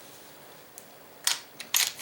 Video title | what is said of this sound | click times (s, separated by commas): Remington 870 Express Shotgun Takedown & Inspection & Cleaning | there we go i had to pull it out a little bit in order to make it let it go in once that goes in it locks in place | 1.3 s